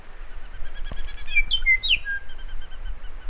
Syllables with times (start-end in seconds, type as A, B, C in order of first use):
0.74-0.80 A, 0.84-0.90 A, 0.96-1.01 A, 1.06-1.12 B, 1.16-1.22 B, 1.26-1.41 C, 1.46-1.57 D, 1.61-1.76 E, 1.80-1.94 F, 2.03-2.18 G, 2.28-2.34 A, 2.37-2.43 A, 2.47-2.52 A, 2.60-2.66 A, 2.70-2.76 A, 2.84-2.90 A, 3.03-3.08 A